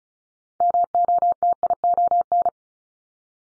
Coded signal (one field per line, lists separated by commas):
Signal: Morse code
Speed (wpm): 36 wpm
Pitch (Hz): 700 Hz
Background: none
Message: MOTION